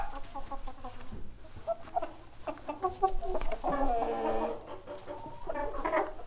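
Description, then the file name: Chickens clucking in quick repeated notes, rising into a louder squawking run near the middle and again at the end, over low rumbling. Chickens walking around the microphone in a barn, squawking and clucking. "freesound chickens and ducks"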